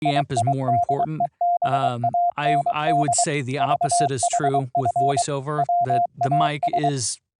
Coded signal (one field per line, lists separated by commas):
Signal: Morse code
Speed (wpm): 23 wpm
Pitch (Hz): 700 Hz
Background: speech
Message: IIDEBAND VHF WAS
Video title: Python APP for a VLF 12Khz AM modulated Transmitter & Receiver - VOICE & CW over iP - Live DEMO